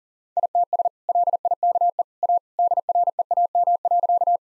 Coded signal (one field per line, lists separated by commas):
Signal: Morse code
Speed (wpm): 40 wpm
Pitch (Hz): 700 Hz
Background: none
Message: ITS LIKE A DREAM.